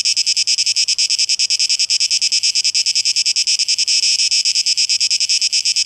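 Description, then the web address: Cicada buzz, a shrill grating drone beating about three times a second. Cicadas, 12 August 2023. "rauschpartikel 2023-08-12 Zikaden"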